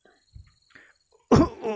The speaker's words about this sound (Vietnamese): Liên tục ho ra máu, lão giả gian lan nặn ra từng từ.